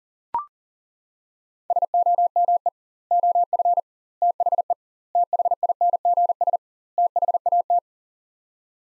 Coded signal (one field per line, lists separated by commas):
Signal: Morse code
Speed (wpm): 40 wpm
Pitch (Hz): 700 Hz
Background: none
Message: SOME OF THE THINGS THAT